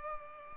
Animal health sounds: mosquito wingbeat signal from an infrared sensor; Culex pipiens

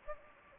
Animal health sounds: mosquito wingbeat signal from an infrared sensor; Anopheles gambiae

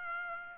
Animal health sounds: mosquito wingbeat signal from an infrared sensor; Aedes aegypti

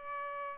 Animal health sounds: mosquito wingbeat signal from an infrared sensor; Aedes aegypti

